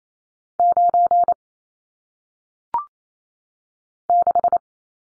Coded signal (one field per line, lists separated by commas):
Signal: Morse code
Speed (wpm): 28 wpm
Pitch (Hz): 700 Hz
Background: none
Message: 9 6